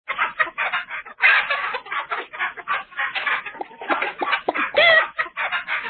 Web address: Real Chicks